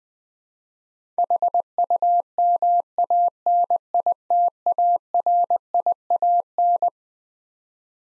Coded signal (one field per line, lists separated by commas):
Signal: Morse code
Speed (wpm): 20 wpm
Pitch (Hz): 700 Hz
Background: none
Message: HUMANITARIAN